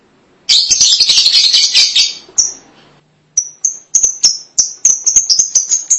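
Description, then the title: Lovebird chattering: a dense burst of shrill, high chirps, then a run of sharp, piercing chirps. "BM Suara Burung Lovebird"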